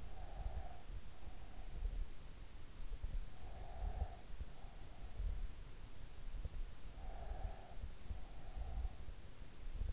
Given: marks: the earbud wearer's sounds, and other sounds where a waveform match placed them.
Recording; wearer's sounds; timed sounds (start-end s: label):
sounds in sleep by an in-ear microphone; breath
0.00-2.44 s: breath
3.54-5.33 s: breath
6.91-9.50 s: breath